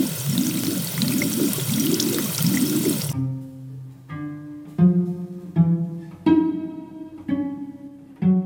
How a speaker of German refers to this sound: Wieder fühlte er die trockene Gesichtshitze aufsteigen, an der er schon gestern Abend gelitten hatte. Und als er sein Gesicht mit Wasser zu kühlen versuchte, verschlimmerte sich das Übel nur noch.